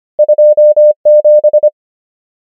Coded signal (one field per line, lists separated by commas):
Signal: Morse code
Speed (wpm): 25 wpm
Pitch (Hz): 600 Hz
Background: none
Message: 2 7